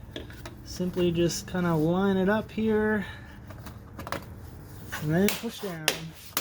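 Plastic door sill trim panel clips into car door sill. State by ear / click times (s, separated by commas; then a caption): not seated / none. Someone talks while lining up a plastic door sill trim panel, fitted with new clips, on the door sill of a SAAB 9-3 before pushing it down. Light plastic taps and handling knocks are heard, but nothing has seated or clicked yet.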